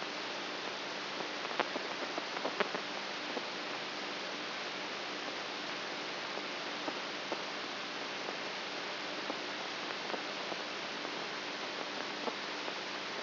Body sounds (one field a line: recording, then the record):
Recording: brain microelectrode recording played as sound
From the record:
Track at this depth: outside the subthalamic nucleus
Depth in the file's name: 7.44 mm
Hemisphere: right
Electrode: 3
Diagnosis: Parkinson's disease